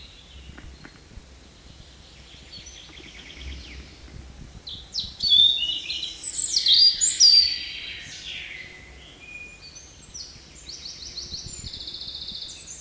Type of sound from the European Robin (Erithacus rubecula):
song